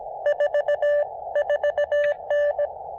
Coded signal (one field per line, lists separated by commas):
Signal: Morse code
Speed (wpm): 19 wpm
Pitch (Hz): 590 Hz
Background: none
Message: 44N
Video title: POTA with 500 milliwatts CW and 10 watts SSB using the Elecraft KX2 and PackTenna Random Wire!